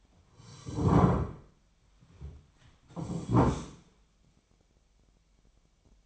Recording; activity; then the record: daily activity, microphone in the room; sit down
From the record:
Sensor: 1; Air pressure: 1007.9 hPa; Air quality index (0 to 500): 191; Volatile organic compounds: 17 ppm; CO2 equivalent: 2584 ppm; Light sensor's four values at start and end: 13/32/13/14 and 13/32/13/14